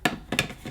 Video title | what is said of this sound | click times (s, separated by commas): Shark Stratos IZ400UKT Pet Pro Cordless Stick Vacuum In Depth Review & Demonstration | which way does it go on that's it Clicks in a nice firm positive click so | 0.4 s